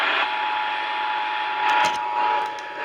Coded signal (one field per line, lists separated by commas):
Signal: Emergency Alert System (SAME) tones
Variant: 853 and 960 Hz attention tone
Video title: AMBER Alert Texas and ENHANCED RISK OF SPC EAS Alerts From 3/14/24 (EAS#749 - #765)